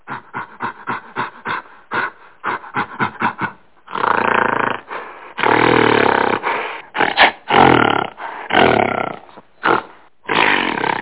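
Gorilla calls: a quick run of short, gruff grunting pulses, then long, loud, harsh roaring bursts separated by brief pauses.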